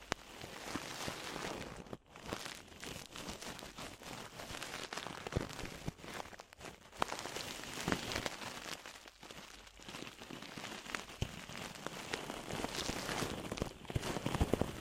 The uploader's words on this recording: ASMR DEEP Ear Penetrating Cleaning (No Talking).